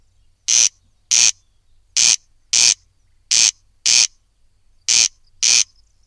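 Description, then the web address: Corncrake rasping call: four pairs of dry, grating notes, each pair closely spaced, repeated at an even pace. "agykontroll Madardalok Cd 2. Haris"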